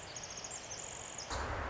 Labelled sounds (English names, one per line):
Pacific Wren